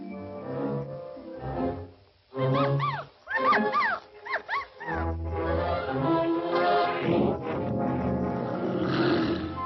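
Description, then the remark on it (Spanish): A bear growls in a deep, rough, sustained rumble while a dog lets out a quick burst of sharp, yelping barks midway, then the heavy growling carries on to the end. “Perdone, señor oso, es que yo vine a pasear y entonces...”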